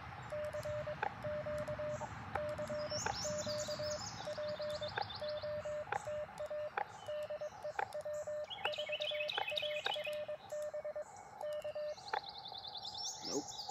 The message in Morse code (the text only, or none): CQ CQ POTA DE W4ARB K